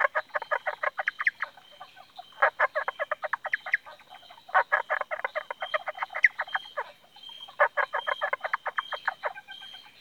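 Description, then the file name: Indian bronzed frog calls in rapid clucking trains of short pulses, four bursts separated by brief pauses, with a faint steady high hum behind. "Indosylvirana temporalis"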